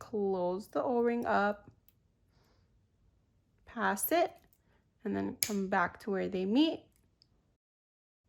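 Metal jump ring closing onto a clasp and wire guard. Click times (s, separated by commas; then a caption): 7.2 s. Someone talks while a metal O-ring (jump ring) carrying a clasp is closed with pliers onto the clasp and a wire guard, its ends pushed past each other and then brought back to where they meet. After the talking stops, a small sharp click sounds at 7.2 s. The click means the ring is fully closed and seated.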